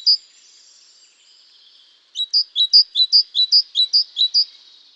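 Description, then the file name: Great tit song: one bright high note, a pause, then a run of about six quick two-note phrases alternating lower and higher pitch, steady and ringing. "Parus major"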